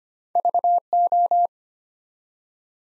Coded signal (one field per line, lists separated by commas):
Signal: Morse code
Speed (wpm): 25 wpm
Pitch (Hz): 700 Hz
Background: none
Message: VO